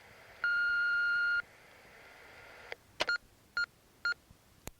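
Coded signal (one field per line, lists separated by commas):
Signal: none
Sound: answering machine beeps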